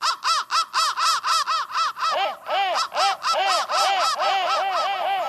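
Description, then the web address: Crows cawing: quick harsh arched calls, joined midway by a lower, hoarser caller, so overlapping caws of two pitches run together to the end. "soundfactory crow"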